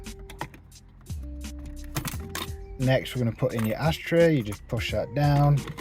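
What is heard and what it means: A plastic ashtray/storage tray is pushed down into the centre console of a Peugeot RCZ/308 after an Android headunit install. Short handling knocks and taps are heard over background music while someone talks. Nothing has seated or clicked yet.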